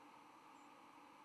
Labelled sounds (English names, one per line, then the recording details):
White-throated Sparrow flight call
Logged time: 06:04 on 10 November 2014